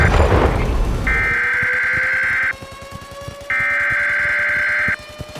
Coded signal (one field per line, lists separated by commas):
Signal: Emergency Alert System (SAME) tones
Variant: header bursts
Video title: Murder Drones EAS Scenario (REALLY OLD VERSION)